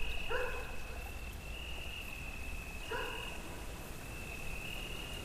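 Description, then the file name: Dog giving two barks about two and a half seconds apart, with flowing water, wind and droning cicadas throughout. "Wasser Mi Fa Zikaden Hund und Wind hall"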